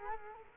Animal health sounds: mosquito wingbeat signal from an infrared sensor; Culex quinquefasciatus

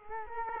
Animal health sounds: mosquito wingbeat signal from an infrared sensor; Culex quinquefasciatus

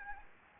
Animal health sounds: mosquito wingbeat signal from an infrared sensor; Anopheles gambiae

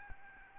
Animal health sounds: mosquito wingbeat signal from an infrared sensor; Aedes albopictus

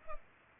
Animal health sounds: mosquito wingbeat signal from an infrared sensor; Culex pipiens

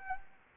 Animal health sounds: mosquito wingbeat signal from an infrared sensor; Anopheles arabiensis

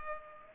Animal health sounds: mosquito wingbeat signal from an infrared sensor; Culex pipiens

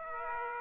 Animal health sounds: mosquito wingbeat signal from an infrared sensor; Aedes aegypti

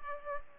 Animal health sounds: mosquito wingbeat signal from an infrared sensor; Culex pipiens

